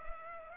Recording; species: mosquito wingbeat signal from an infrared sensor; Culex pipiens